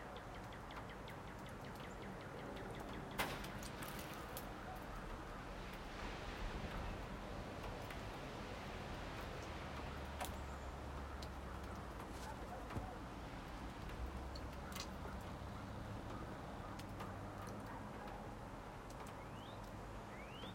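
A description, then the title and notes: Snowmelt drips from a cabin roof onto snowy ground: sharp, scattered drops and ticks stand out, the clearest near 3, 10, 13 and 15 seconds. Underneath runs a steady, dense hiss with a low rumble that thickens briefly around the middle. Snow melts off the roof of a red cabin. Sparkling water droplets fall and make puddles of crystal on the snow covered ground.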